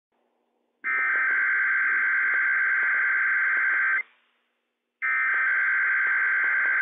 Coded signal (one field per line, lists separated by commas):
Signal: Emergency Alert System (SAME) tones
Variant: header bursts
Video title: Inland Northwest RWT - WWF56 - EAS 105 - 10:02 AM PDT 5/25/21